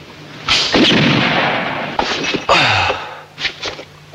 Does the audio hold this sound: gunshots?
yes